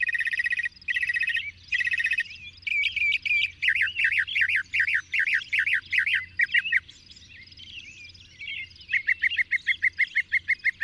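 Bird song with varied phrases: buzzy bursts, then a run of looping slurred notes, a pause, and a quick string of clipped repeated notes; faint low hum beneath.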